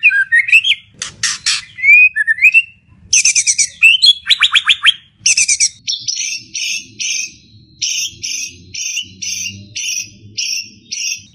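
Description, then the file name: White-rumped shama song, a loud varied run of whistles and harsh buzzy bursts, then steady repeated chattering notes near the end. Song containing mimicry of the black-crested bulbul. "murai batu isian cucak jenggot"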